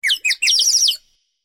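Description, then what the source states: Bird chirping: two quick, high, downward-sweeping chirps, then a rapid twittering run of sweeping notes lasting about half a second, with no other sounds. Described as a happy tweeting call.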